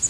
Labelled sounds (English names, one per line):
Prairie Warbler flight call